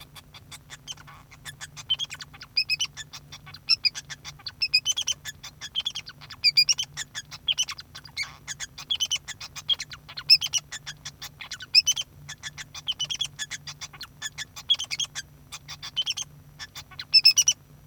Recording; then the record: song of a male Bengalese finch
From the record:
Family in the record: son of father 2